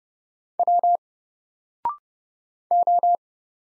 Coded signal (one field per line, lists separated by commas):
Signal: Morse code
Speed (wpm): 30 wpm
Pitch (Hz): 700 Hz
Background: none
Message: W O